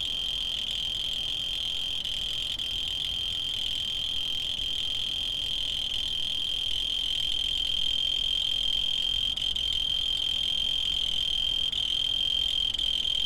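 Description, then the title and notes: Cricket with a steady continuous high trill, unchanged throughout, over low background hiss. Field recordings made in Tavira, Tangier, Lima and Bhubaneswar. "ACA - Grabaciones de campo. Grillo 2. grabaciones hechas en tavira, tangier, lima, bhubanshwar"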